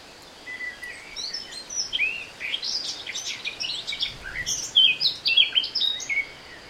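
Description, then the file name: Eurasian blackcap song: a brisk, varied warble of chirps and clear whistles, with a loud fluty flourish near the close over light background hiss. "Sylvia atricapilla"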